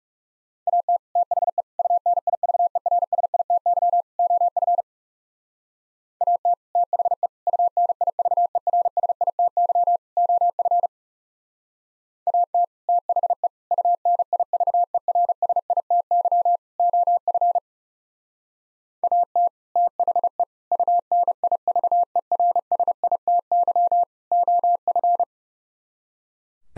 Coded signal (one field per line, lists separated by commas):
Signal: Morse code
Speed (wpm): 36 wpm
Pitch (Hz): 700 Hz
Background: none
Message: AT THE UNIVERSITY OF AT THE UNIVERSITY OF AT THE UNIVERSITY OF AT THE UNIVERSITY OF